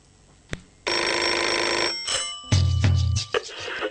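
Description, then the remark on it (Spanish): A short radio station jingle: a click, then a steady, bright ringing tone like a telephone bell, followed by a louder burst with deep thumping beats, with no talking. “No, separador, porque tenemos otra teléfono.”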